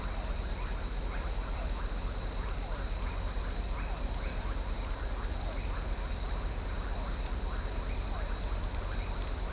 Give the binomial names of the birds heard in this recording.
none